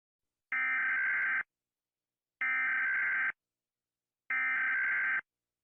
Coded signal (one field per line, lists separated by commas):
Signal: Emergency Alert System (SAME) tones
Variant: header bursts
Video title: Rating EAS Alarms (PLEASE READ THE PINNED COMMENT)